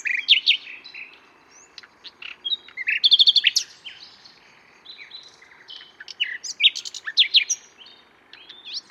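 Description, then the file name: Common nightingale song with quick varied phrases: liquid whistles, a loud rapid trill near three seconds, then more chattering notes after a quiet gap. "Luscinia megarhynchos"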